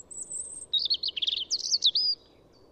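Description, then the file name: European robin singing: a long very high thin note, then a rippling jumble of warbled and slurred whistles, ending abruptly. "Erithacus rubecula"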